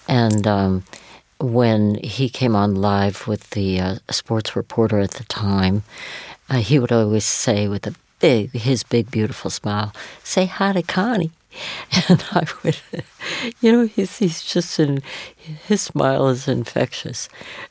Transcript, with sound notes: And when he came on live with the sports reporter at the time, he would always say, with his big, beautiful smile, say hi to Connie. And I would (laughter) - you know, he's just an - his smile is infectious.